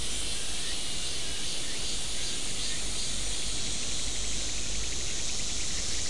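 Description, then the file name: Insects produce an even, high hissing drone with a faint pulsing texture, over a constant low rumble. "mainly insect"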